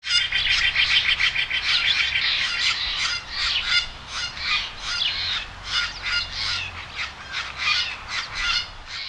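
Birds chirping and twittering busily, many high, overlapping short notes throughout.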